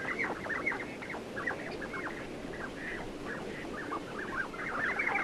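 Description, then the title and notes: Common Ringed Plover calls, many overlapping whistled notes in an uneven stream. "Tylli. Juha Laaksonen"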